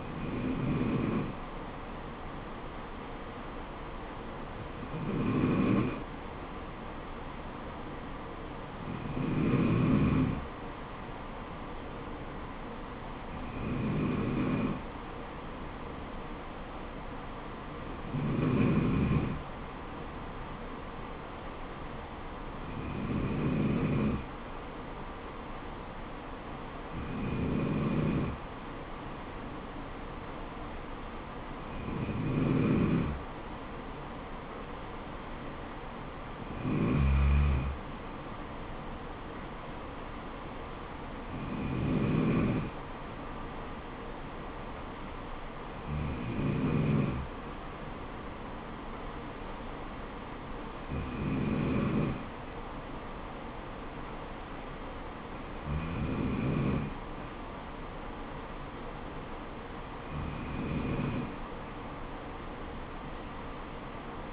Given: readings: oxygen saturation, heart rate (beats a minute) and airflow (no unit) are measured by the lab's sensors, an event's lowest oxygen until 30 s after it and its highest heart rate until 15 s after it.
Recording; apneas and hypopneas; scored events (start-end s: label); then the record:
breathing in sleep by a voice recorder at the bedside; none
11.00-41.00 s: new sleep stage, N3 (deep sleep)
41.00-64.33 s: new sleep stage, N2 (light sleep)
From the record:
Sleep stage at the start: N2 (light sleep); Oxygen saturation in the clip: 93 to 94%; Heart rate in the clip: 66 to 74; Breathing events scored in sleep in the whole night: 426 in 7.4 hours asleep